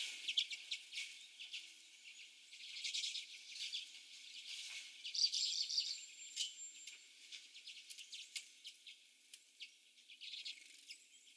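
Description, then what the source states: Common redpolls calling, a busy mix of high, dry chattering and twittering notes in irregular overlapping bursts. More than one common redpoll.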